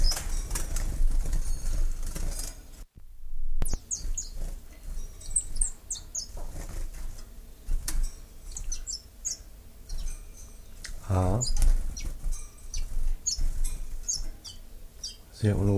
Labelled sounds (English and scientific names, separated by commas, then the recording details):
Common Chiffchaff (Phylloscopus collybita)
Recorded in captivity
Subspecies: collybita
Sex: pair
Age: adult
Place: Zoologisches Institut Universität Tübingen, Baden-Württemberg, DE
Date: 1963-04-01
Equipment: LGS26
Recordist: Schneider, Hans-Joachim